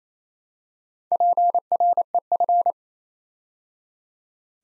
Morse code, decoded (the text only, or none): PREF